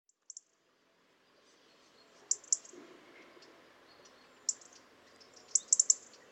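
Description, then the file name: European robin calls: brief, very high tick notes scattered throughout, ending in a quick cluster of four, over soft background noise. "Erithacus rubecula"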